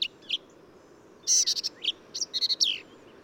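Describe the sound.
Black-capped vireo song: short high, scratchy phrases of quick chattering notes, a brief phrase then a louder burst after a pause.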